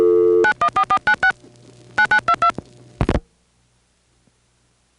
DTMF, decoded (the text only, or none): 914496 9922